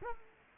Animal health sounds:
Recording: mosquito wingbeat signal from an infrared sensor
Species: Culex quinquefasciatus

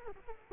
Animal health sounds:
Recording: mosquito wingbeat signal from an infrared sensor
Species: Culex quinquefasciatus

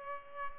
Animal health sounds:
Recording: mosquito wingbeat signal from an infrared sensor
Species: Culex pipiens

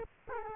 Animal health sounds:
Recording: mosquito wingbeat signal from an infrared sensor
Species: Culex quinquefasciatus

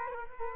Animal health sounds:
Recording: mosquito wingbeat signal from an infrared sensor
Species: Culex quinquefasciatus

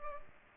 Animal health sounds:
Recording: mosquito wingbeat signal from an infrared sensor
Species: Culex pipiens

